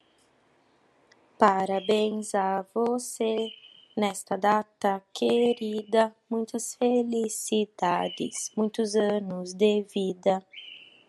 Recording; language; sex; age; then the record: short text; Brazilian Portuguese; female; 30 to 39 years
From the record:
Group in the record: control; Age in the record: 31 years